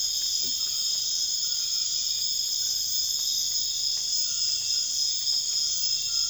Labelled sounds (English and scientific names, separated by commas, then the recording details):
none
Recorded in dense forest near Puerto Asís, Putumayo, Colombia, on 13 March 2025 at 02:30
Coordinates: 0.481, -76.323
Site G088